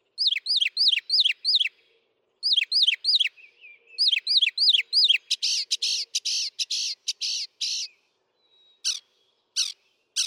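Northern mockingbird repeating rising slurred notes in quick groups, then switching to harsh raspy buzzes and a few short sharp calls.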